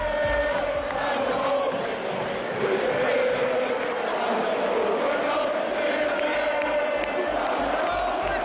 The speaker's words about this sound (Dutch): Door het hele land zijn de stadions tot de nok toe gevuld met mensen die maar één ding blijven roepen.